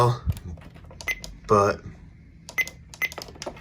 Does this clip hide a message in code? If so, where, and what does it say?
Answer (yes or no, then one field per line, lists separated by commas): no